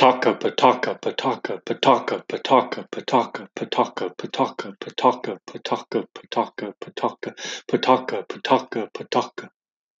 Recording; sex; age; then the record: repeated syllables /pa ta ka/; male; 40 to 49 years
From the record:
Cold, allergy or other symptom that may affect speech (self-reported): no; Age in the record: 42 years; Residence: Texas, United States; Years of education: 19